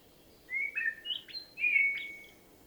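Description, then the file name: Common blackbird singing a short phrase of clear, fluted whistles that slide up and down, ending in a longer warbled note over a faint steady background hiss. "Turdus merula"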